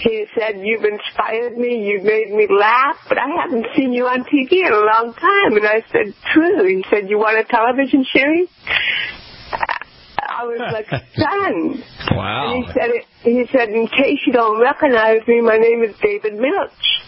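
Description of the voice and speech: Adult woman with cerebral palsy speaking in connected conversational speech with dysarthria. She has had spinal cord surgery from C1 to C7 and receives Botox injections in her neck every 3 months for chronic pain.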